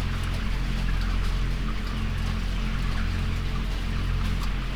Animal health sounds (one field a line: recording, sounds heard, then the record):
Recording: poultry house recording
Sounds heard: healthy chickens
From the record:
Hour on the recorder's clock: 20